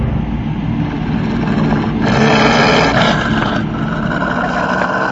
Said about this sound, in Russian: Глухой рев донесся из-за скалы. Голос Шархана.